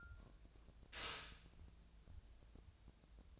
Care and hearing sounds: daily activity, microphone in the room; stop toaster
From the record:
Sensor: 2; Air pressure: 1000.0 hPa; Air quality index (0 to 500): 151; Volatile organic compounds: 2 ppm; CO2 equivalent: 1277 ppm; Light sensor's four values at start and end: 20/51/21/23 and 20/51/21/23

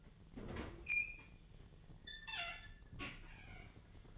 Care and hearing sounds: daily activity, microphone in the room; open fridge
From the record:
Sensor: 4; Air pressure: 1010.6 hPa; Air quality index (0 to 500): 177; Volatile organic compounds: 5 ppm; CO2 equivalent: 1796 ppm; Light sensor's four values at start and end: 33/98/39/39 and 28/84/33/33

